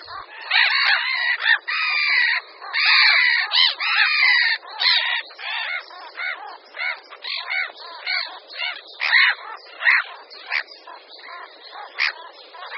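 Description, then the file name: Black-headed gull calling, loud harsh cries at first, then a fast, irregular series of shorter rasping notes. "Racek-chechtavý"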